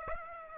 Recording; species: mosquito wingbeat signal from an infrared sensor; Aedes aegypti